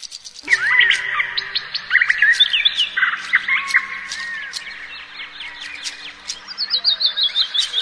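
Birds singing in a busy chorus of overlapping chirps, whistled slurs and short trills, over a faint steady low hum.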